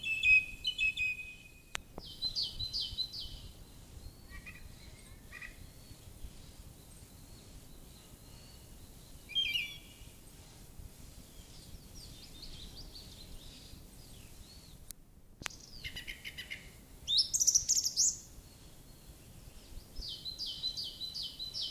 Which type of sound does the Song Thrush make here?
song